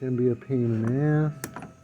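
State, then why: Not seated. A component is being worked into the engine/handle housing of a Stihl HT101 pole saw that won't start, while someone talks for most of the clip. Two short, sharp handling knocks follow at about 1.6 s, but nothing has seated or clicked into place yet.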